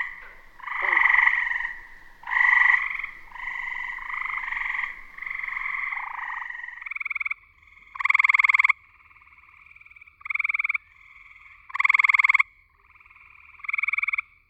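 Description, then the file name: Gray treefrog trilling, short pulsed bursts roughly a second long alternating with softer continuous trills from other frogs, several callers overlapping. "hyla versicolor"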